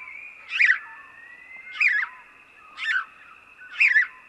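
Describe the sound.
House sparrow chirps, four buzzy notes about one second apart, with a continuous thin whine behind.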